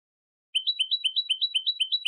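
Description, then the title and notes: European goldfinch song phrase: a paired rising note repeated steadily, bright and high, with a clean silent background. Clean goldfinch song from a CD, for copying in song training. "Cd Jilguero. Cd de canto de jilguero limpio para copia"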